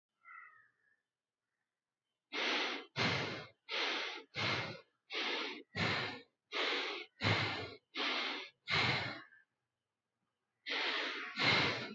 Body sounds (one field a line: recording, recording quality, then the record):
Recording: shallow breathing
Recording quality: excellent, no background noise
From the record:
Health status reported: healthy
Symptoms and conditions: none ticked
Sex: male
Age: 31 years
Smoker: not ticked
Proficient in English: yes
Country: India